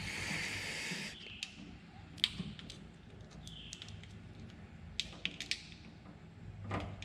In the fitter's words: just push you'll hear it feel it and hear it click green on green we'll